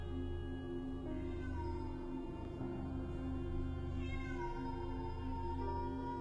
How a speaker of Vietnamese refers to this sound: Không để cho Kha đợi lâu, từ bên ngoài vang lên tiếng kêu thảm thiết của con mèo hoang.